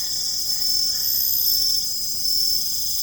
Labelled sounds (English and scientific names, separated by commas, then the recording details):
none
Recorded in secondary vegetation near Puerto Asís, Putumayo, Colombia, on 21 December 2024 at 20:00
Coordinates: 0.468, -76.324
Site G095